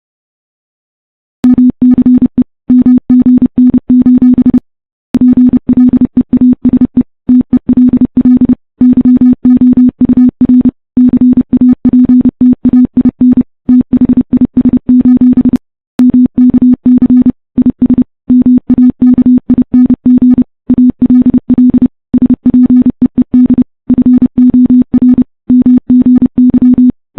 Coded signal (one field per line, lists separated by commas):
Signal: Morse code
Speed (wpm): 29 wpm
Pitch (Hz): 250 Hz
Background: none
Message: MCE MGN: PLEASE TELL YOUR CAPTAIN THIS: MKC IS MAKING ALL SPEED FOR MGY